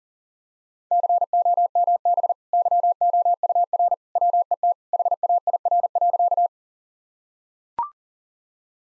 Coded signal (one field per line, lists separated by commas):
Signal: Morse code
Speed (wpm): 40 wpm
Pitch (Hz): 700 Hz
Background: none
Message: COMB YOUR WET HAIR.